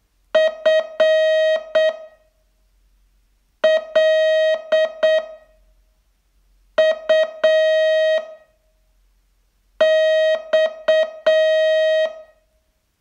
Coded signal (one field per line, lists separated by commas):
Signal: Morse code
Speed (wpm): 8 wpm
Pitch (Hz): 630 Hz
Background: music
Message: FLUX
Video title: Learn Morse in 42 Days from VU2LAU - day 28 test